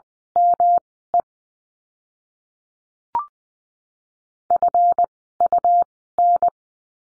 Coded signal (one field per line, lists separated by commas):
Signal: Morse code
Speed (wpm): 20 wpm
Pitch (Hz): 700 Hz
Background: none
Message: ME FUN